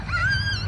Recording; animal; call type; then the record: contact call of a hoofed animal; Przewalski's horse; whinny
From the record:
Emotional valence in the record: positive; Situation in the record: food anticipation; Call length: 0.68 s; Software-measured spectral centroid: 2560 Hz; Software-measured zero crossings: 3140 a second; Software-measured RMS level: -24 dBFS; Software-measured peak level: -14 dBFS